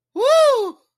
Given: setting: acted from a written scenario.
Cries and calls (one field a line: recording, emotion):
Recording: vocal sound without words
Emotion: elation